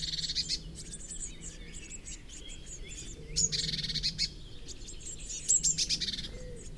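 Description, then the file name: Eurasian blue tit buzzy churring calls, two clear bursts opening with sharp high notes, over a low steady hum. "Cyanistes caeruleus"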